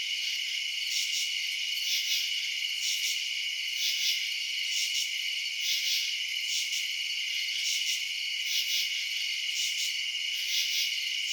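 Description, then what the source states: Crickets trill in a constant shrill drone, punctuated by brief louder chirp bursts every couple of seconds. Crickets recorded at night in residential suburbs.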